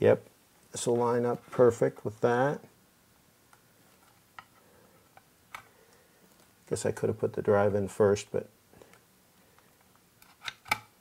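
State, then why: Seated. Someone talks while an SSD carrier is pushed into the drive bay of a Mac Pro, with a few faint ticks and taps along the way. A sharp click at 10.7 seconds marks the carrier snapping into the bracket, seated firmly and not going anywhere.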